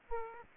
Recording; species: mosquito wingbeat signal from an infrared sensor; Aedes aegypti